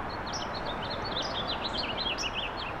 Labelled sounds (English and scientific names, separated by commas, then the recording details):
House Finch (Haemorhous mexicanus) song
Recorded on Long Island, New York, on 8 April 2011
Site BN
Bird C